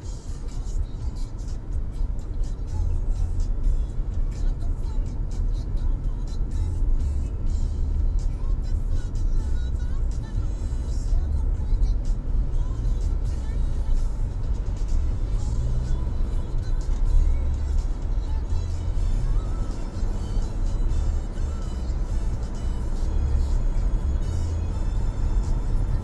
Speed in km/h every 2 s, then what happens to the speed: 44, 45, 45, 44, 46, 48, 54, 61, 64, 66, 72, 77, 81.
0-9 steady at about 45. 9-26 speeds up to 81.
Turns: 0-12.